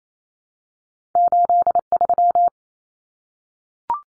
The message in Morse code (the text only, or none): 83